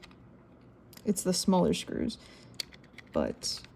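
Plastic housing halves of an Oculus Go VR controller are handled while someone talks, with faint light ticks and taps under the voice. Nothing has clicked or seated yet; the housing is not yet snapped back together.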